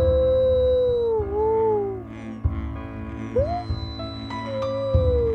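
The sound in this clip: Wolf: several howls, long gliding tones that fall and rise, over sustained musical drones.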